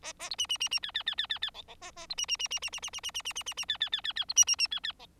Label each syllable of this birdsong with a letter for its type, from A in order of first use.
A A B C C C C D D D D D D E E A A B C C C C C C C C C C C C C C D D D D D B C C C D D E